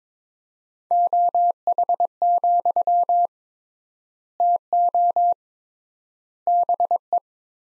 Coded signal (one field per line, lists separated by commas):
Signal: Morse code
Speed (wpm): 22 wpm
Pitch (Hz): 700 Hz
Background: none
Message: OH, TO BE